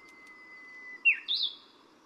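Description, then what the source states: Brownish-flanked bush warbler gives a sustained pure whistled note followed by a sharp, dipping then rising explosive phrase of two loud notes. Recorded at Yushan.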